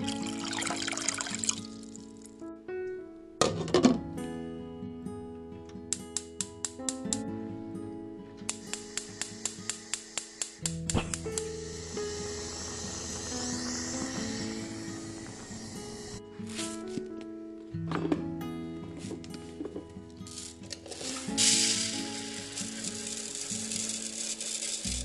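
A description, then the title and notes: Rice cooking, with watery trickles and drips over a steady low hum that runs throughout. Quick regular ticks and clicks cluster near 4 and 6–10 seconds, and bright hissing bursts rise around 11–16 seconds and again from 21 seconds onward. Cooking Rice - ASMR.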